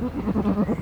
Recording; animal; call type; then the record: contact call of a hoofed animal; goat; low-frequency (closed-mouth) or high-frequency (open-mouth) call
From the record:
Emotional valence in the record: negative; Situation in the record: short social isolation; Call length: 0.81 s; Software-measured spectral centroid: 1300 Hz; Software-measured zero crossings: 710 a second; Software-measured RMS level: -24 dBFS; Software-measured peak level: -10 dBFS